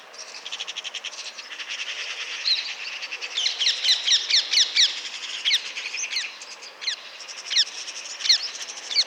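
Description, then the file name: Eurasian magpie rattling chatter, dry and pulsed, in bursts throughout, overlapped by many chirping and sweeping notes from other small birds. "Pica pica"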